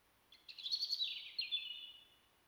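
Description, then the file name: European robin song: a single warbled phrase of rapid, sweet twittering notes that gradually slides lower and fades. "Erithacus rubecula"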